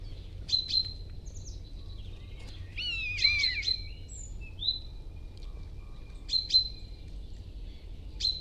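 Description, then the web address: Common starling giving sparse sharp whistles and clicks, one brief burst of tangled notes near the middle, with quiet gaps between phrases. "Ocells Cultura Estornino pinto"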